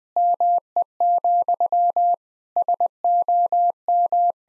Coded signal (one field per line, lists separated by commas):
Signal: Morse code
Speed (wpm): 20 wpm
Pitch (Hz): 700 Hz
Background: none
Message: ME, SOM